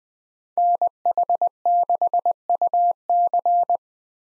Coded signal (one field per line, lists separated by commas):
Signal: Morse code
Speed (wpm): 20 wpm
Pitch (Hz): 700 Hz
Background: none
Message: NH6UC